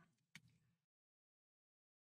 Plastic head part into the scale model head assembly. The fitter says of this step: Then that locks in place and actually locks everything in place with it.